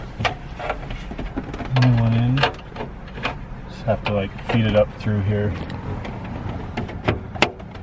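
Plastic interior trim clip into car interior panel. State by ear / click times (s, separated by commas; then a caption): seated / 7.4 s. A plastic interior trim piece on a Saab is warmed and pressed into its mounting in the car's interior panel while someone talks, with several small taps and knocks along the way. The loudest, sharpest click lands at 7.4 s as the trim piece snaps into place and seats.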